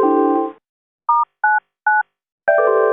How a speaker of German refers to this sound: Durch Drücken von Sterntaste 9 können Sie jederzeit zur Tastaturbedienung wechseln.